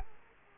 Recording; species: mosquito wingbeat signal from an infrared sensor; Culex quinquefasciatus